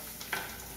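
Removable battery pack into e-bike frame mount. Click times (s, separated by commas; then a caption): 0.3 s. A removable battery pack is set back onto the frame mount of a Yamaha power-assist electric bicycle after some fumbling. Over a low steady background, a sharp click at 0.3 s marks the pack snapping into place, and a softer, longer sound follows near 0.8 s. The battery is seated.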